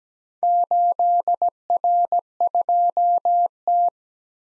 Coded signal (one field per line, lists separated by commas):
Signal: Morse code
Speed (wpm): 17 wpm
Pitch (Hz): 700 Hz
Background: none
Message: 8R2T